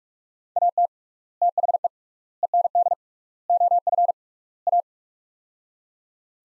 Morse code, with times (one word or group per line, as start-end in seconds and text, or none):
0.6-0.9 AT
1.4-1.9 THE
2.4-2.9 END
3.5-4.1 OF
4.7-4.8 A